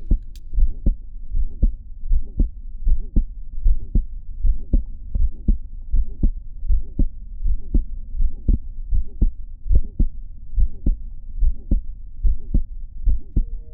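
Regular heart sounds at about 79 beats a minute in an adult, with a brief musical tone following each beat late in systole. This is a late systolic musical murmur, an atypical auscultatory sign of mitral valve prolapse.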